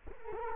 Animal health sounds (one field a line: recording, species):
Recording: mosquito wingbeat signal from an infrared sensor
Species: Culex quinquefasciatus